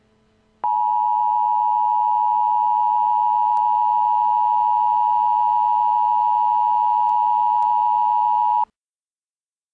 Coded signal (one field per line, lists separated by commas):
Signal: Emergency Alert System (SAME) tones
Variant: 853 and 960 Hz attention tone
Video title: EAS Mock - Black Sunday Happens Again